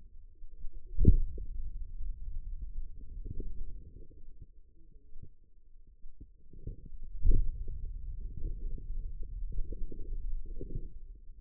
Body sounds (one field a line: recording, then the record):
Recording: forearm muscle sounds (acoustic myography)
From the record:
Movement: hand closing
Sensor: system 2, bracelet of six BSWA MPA416 microphones around the upper forearm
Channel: 4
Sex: female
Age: 25 years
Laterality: right